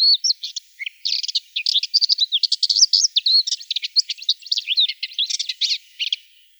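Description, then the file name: Subalpine warbler giving a long, hurried, scratchy warble of mixed chirps, rattles and short whistles, almost without pause for six seconds. "Slavka belousaja"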